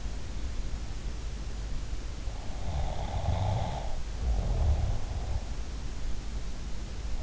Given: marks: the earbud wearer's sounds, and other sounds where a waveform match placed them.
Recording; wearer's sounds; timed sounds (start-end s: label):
sounds in sleep by an in-ear microphone; snoring breath
2.50-5.49 s: snoring breath